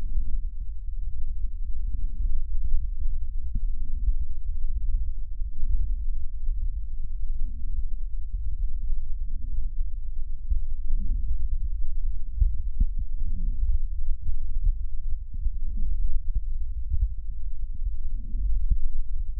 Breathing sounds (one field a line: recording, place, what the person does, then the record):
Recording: lung sounds by stethoscope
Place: left posterior basal chest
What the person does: quiet breathing, then deep breathing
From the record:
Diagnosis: interstitial lung disease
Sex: female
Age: 74 years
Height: 150 cm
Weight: 69.8 kg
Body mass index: 31.0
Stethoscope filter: bell mode